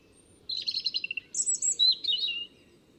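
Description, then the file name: European robin song: two quick phrases of high, liquid twittering, the second opening with a piercing thin whistle before dropping into rapid warbled notes. "Erithacus rubecula"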